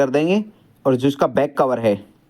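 A plastic back cover is being fitted onto a hair dryer body during a home repair, but nothing has seated or clicked yet. Someone talks throughout the clip, with a short pause near the middle and no distinct hit or click heard.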